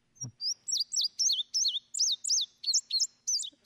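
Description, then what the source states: Indigo Bunting song: a rapid string of high notes swinging up and down. Abbreviated version of the song; paired notes, very fast, up and down, bubbly.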